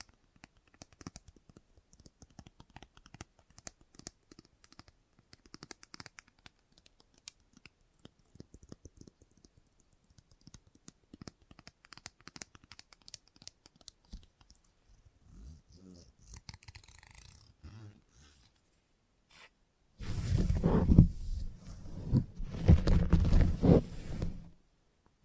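Salon haircut with quick, sparse scissor snips and light scratching for fifteen seconds, then louder buzzing clipper bursts from twenty seconds on.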